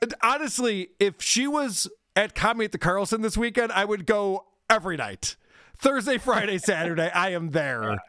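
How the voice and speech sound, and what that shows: One adult speaks clearly and fluently in a casual, animated tone, with ordinary rhythm and voice.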